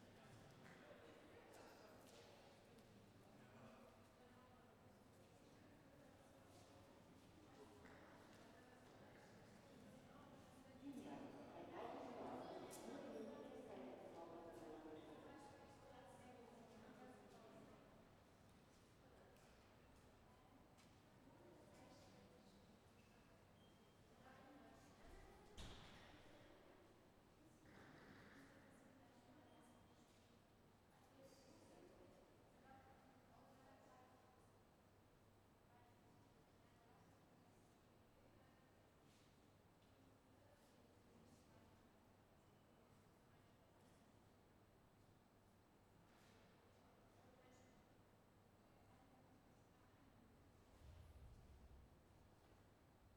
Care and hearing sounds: everyday scene through a hearing-aid microphone; reverberant space; background noise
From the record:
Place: railway station hall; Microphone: behind the ear, left, rear

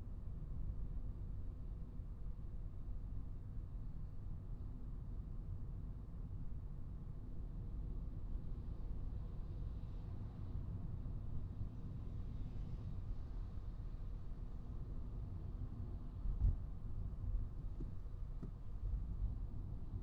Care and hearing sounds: everyday scene through a hearing-aid microphone; in a vehicle; engine, traffic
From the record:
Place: Skoda Fabia, gasoline engine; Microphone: in the ear canal, right

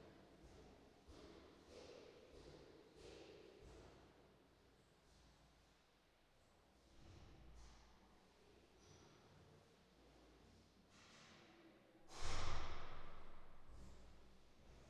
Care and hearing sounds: everyday scene through a hearing-aid microphone; reverberant space; background noise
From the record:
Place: staircase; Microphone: in the ear canal, right

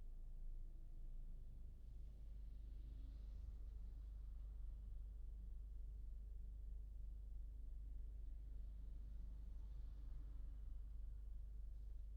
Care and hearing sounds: everyday scene through a hearing-aid microphone; in a vehicle; engine idling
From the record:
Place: Berlingo II, diesel engine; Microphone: in the ear canal, left

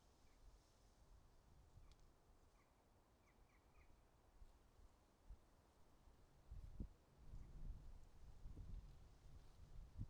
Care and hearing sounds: everyday scene through a hearing-aid microphone; wind on the microphone; wind, traffic, birds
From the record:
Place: suburban garden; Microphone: in the ear canal, right

